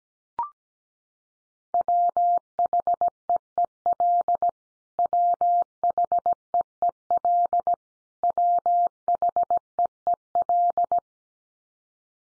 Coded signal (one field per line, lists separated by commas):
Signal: Morse code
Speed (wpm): 17 wpm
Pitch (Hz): 700 Hz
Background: none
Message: WHEEL WHEEL WHEEL